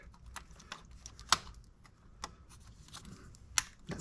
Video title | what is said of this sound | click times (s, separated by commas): How to Replace Oil Pressure Sensor Maserati Ghibli + Reassembly Process - Part 3 | snapped into place that's | 3.6 s